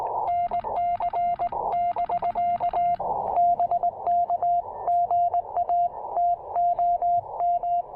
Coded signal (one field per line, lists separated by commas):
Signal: Morse code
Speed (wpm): 19 wpm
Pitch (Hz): 700 Hz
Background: radio noise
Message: NC <BK> BK GA TOM